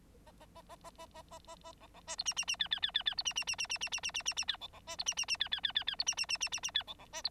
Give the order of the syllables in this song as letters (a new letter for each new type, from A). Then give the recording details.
A A A A A A A A A A B B C D E E E F F F F F D E E E E E E E E E E E F B B C D E E E F F F F F D E E E E E E F B B C D. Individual Bird9